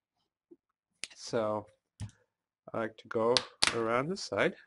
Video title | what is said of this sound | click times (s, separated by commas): Toshiba C650 C655 Laptop Screen Replacement Procedure | the way I can do this is put my fingers on the screen side and gently lift up and listen for the snapping sound so | 1.0 s